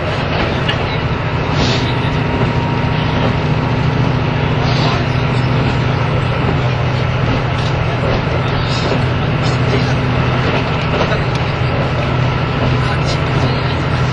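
A train ride on the line from Nagoya to Toyama: a steady, loud rumble with a deep droning hum holds at an even level throughout. Faint clacks break through every few seconds, and murmuring voices seem to sit beneath the noise.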